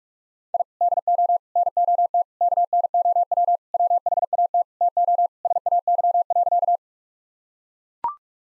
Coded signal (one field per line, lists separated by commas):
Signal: Morse code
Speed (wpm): 44 wpm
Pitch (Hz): 700 Hz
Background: none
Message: I DO NOT KNOW WHAT TO SAY.